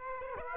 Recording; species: mosquito wingbeat signal from an infrared sensor; Aedes aegypti